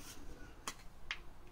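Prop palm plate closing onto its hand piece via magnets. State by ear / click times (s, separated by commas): seated / 0.7 s, 1.1 s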